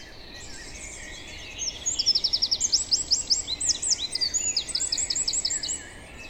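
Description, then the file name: Eurasian wren song: a fast, high, ringing burst of rapid trilled notes lasting about four seconds, loud and sharply repeated, with steady background hiss before and after. "Troglodytes troglodytes"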